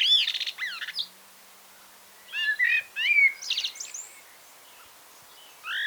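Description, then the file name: Common blackbird singing in separate bursts: mellow slurred whistles mixed with scratchy twitters, separated by silences, with a final rising whistle at the end. "Turdus merula"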